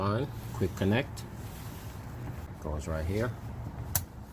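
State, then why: Seated. Someone talks while a fuel/vacuum line's quick-connect fitting is pushed onto its port in the engine bay of a 2006 Ford Escape, during reassembly after a transmission mount replacement. A sharp snap at 4.0 s marks the fitting seating.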